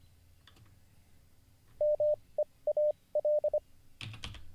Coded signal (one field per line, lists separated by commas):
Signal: Morse code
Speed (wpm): 25 wpm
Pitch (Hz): 600 Hz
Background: none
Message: MEAL